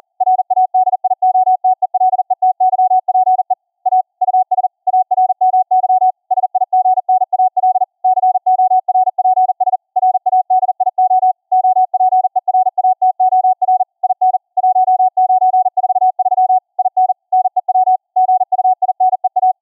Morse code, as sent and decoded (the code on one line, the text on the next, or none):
.-. .- -.. .. --- - . .-.. . - -.-- .--. . / .- / ..- ... / .- .-. -- -.-- / ... .. --. -. .- .-.. / -.-. --- .-. .--. ... / .-. .- -.. .. --- / --- .--. . .-. .- - --- .-. / .. -. / .---- ----. ....- ...-- / .. -. / -. . .-- / --. ..- .. -. . .-
RADIOTELETYPE A US ARMY SIGNAL CORPS RADIO OPERATOR IN 1943 IN NEW GUINEA